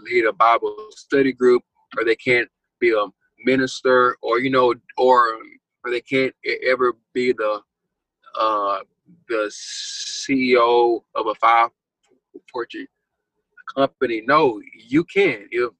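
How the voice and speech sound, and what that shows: Adult male speaking with stuttering: word repetitions, prolonged sounds and long pauses and blocks within phrases. He has stuttered since childhood, and it remains audible.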